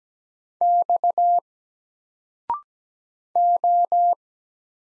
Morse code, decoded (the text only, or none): X O